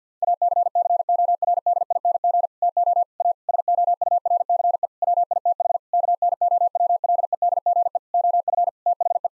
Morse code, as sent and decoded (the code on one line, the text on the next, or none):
.- -.-. -.-. --- .-. -.. .. -. --. / - --- / .- / ... --- ..- .-. -.-. . / .-- .. - .... / -.- -. --- .-- .-.. . -.. --. . / --- ..-. / - .... .
ACCORDING TO A SOURCE WITH KNOWLEDGE OF THE